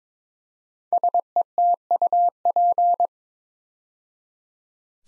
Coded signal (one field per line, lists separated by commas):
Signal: Morse code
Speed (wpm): 22 wpm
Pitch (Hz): 700 Hz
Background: none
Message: SETUP